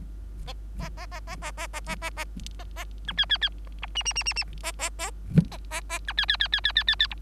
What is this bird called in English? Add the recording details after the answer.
Bengalese Finch. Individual Bird3